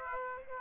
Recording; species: mosquito wingbeat signal from an infrared sensor; Aedes aegypti